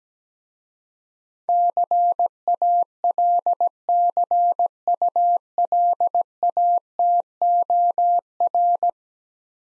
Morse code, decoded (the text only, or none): CALCULATOR